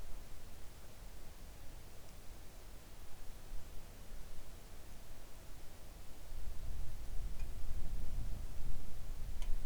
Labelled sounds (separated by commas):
near silence